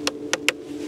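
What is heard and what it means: A hard splitboard boot is stepped into a tech toe touring binding (Phantom M6 binding with Phantom Slipper boot), and the pins snap into the boot's toe fittings. Three sharp metallic clicks are heard at 0.1, 0.3 and 0.5 seconds, the last and loudest at 0.5 seconds marking the binding clicking into place. The boot is seated and ready to tour.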